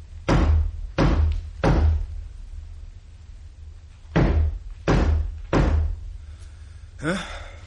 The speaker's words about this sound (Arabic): ولسه بيقول وصلت بيته وعلى الباب خبطت